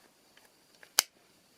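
A plastic hair-cutting comb attachment is slid along the rails onto the head of a Philips HC3525 3000S hair trimmer and pushed on until it seats. A few faint ticks come first, then one sharp, loud click at 0.99 s as the comb clicks into place. A small tick follows at the very end.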